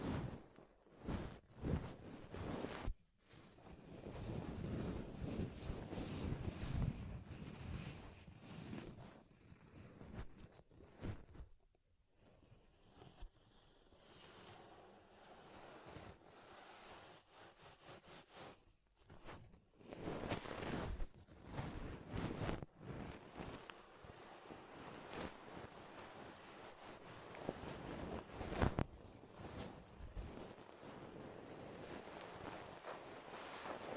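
Ear exploration sounds fill the recording: dense, scratchy rubbing and rustling with frequent sharp crackles and taps, over a low whooshing rumble like wind. Activity drops to near quiet around 11 to 13 seconds, then the rubbing returns and carries on steadily to the end.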